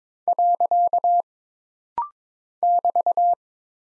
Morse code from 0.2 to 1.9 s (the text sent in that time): .